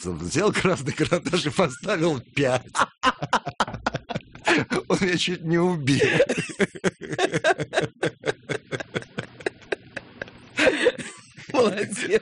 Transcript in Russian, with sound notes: Взял карандаш и поставил «пять». (смеются) Он меня чуть не убил.
(смеются) Молодец!